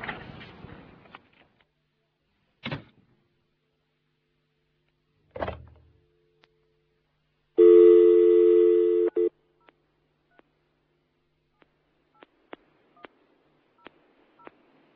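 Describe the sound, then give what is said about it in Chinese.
A few sharp clatters give way to a steady electronic tone held for over a second, then a run of short, evenly spaced touch-tone beeps as a phone number is keyed in. No one speaks. “你刚才打的电话号码暂时未能接通，请你等一阵再打过啦。”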